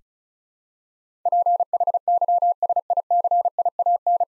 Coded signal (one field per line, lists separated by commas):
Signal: Morse code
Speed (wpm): 36 wpm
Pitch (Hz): 700 Hz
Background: none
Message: PHYSICIAN